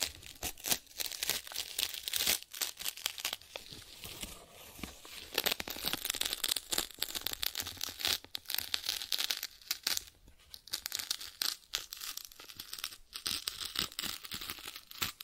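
Cardboard being scratched and torn in a busy, uneven stream of rough, papery rasps and crackles. Bright, gritty bursts come several times a second with brief pauses between, denser around four to seven and ten to fourteen seconds.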